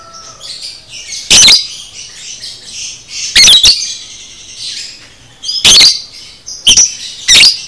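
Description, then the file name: Lovebird chattering song: loud shrill squeaks in irregular bursts over continuous soft, high twittering. Masteran recording of 'paud' lovebird, made for training cage birds. "masteran lovebird paud"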